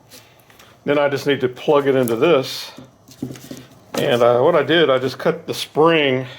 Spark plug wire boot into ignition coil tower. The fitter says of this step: But I'm going to just plug the spark plug wire in there. I can hear it click.